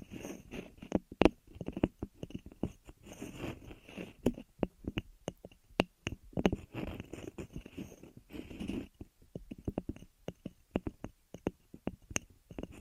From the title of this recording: Ear Massage, Cleaning